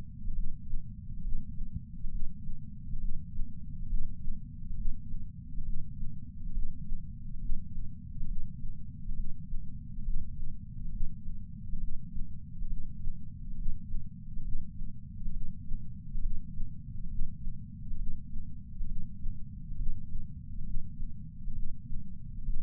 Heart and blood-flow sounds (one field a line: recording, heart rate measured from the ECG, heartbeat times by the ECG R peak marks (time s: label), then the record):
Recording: heart sounds by patch sensor on the chest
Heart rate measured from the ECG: 68 bpm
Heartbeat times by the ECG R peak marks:
0.33 s: heartbeat
1.21 s: heartbeat
2.09 s: heartbeat
2.98 s: heartbeat
3.87 s: heartbeat
4.75 s: heartbeat
5.63 s: heartbeat
6.52 s: heartbeat
7.39 s: heartbeat
8.25 s: heartbeat
9.14 s: heartbeat
10.03 s: heartbeat
10.90 s: heartbeat
11.78 s: heartbeat
12.67 s: heartbeat
13.55 s: heartbeat
14.42 s: heartbeat
15.31 s: heartbeat
16.20 s: heartbeat
17.08 s: heartbeat
17.96 s: heartbeat
18.86 s: heartbeat
19.76 s: heartbeat
20.63 s: heartbeat
21.53 s: heartbeat
22.43 s: heartbeat
From the record:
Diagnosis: coronary artery disease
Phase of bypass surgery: preoperative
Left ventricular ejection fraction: 49.7%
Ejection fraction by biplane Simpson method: 49.4%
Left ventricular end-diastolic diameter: 55 mm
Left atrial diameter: 34 mm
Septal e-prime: 3.2 cm/s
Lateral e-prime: 4.4 cm/s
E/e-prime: 15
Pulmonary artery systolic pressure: 25 mmHg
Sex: female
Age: 70 years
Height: 152 cm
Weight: 65 kg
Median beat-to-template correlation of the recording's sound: 0.92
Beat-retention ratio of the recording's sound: 0.97